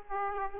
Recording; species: mosquito wingbeat signal from an infrared sensor; Aedes aegypti